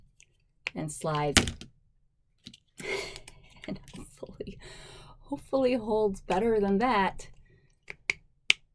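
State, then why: Seated. A plastic hook is slid onto its adhesive wall-mounted base plate and pushed until it locks, snapping onto the base. Someone talks while it slides in, then sharp clicks at 8.1 and 8.5 seconds mark the hook seating in place.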